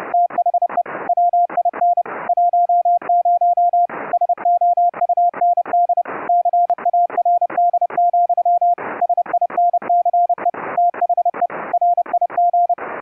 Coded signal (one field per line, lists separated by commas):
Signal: Morse code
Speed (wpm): 30 wpm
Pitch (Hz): 700 Hz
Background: none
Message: THE WIN 10 SOUND CARD, SINCE THE RIG